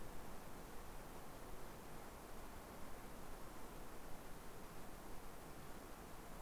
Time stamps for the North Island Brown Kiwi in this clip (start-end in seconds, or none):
none